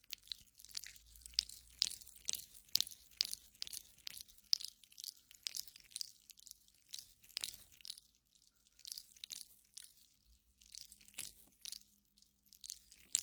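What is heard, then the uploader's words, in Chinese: Wet, sticky squelches of aloe gel being worked over skin in a full-body massage, with no voice. Short crackling, slick bursts come in quick irregular clusters, roughly every half second to a second, bright and hissy, over a faint low hum. 湿湿、黏黏的~ 芦荟胶(无人声)全身按摩。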